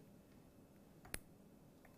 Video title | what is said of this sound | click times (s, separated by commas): JewelleryMaker LIVE 24/01/2016 - 8am - 12pm | It's gorgeous. It's that little click. | 1.1 s